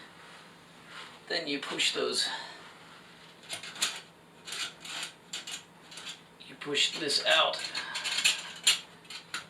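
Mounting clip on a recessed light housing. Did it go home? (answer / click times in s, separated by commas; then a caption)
yes / 8.7 s. Someone talks while pushing the spring mounting clip of a 3-inch remodel recessed LED light housing outward, with small metallic clicks and handling sounds. A sharp snap at 8.7 s marks the clip locking into place, ready to clamp the housing against the ceiling drywall.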